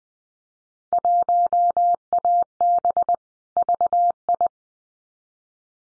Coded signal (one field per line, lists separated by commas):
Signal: Morse code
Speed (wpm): 20 wpm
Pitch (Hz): 700 Hz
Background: none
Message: 1AB VI